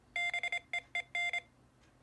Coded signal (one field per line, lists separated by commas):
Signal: Morse code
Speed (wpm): 25 wpm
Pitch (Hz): 2100 Hz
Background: none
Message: BEEN